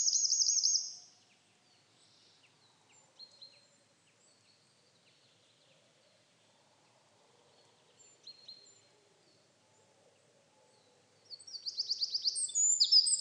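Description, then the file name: Eurasian wren song: a short, very high trilled burst at the start, a few faint thin notes in the middle, then a loud, fast, high-pitched trill rattling out at the end. "Troglodytes troglodytes"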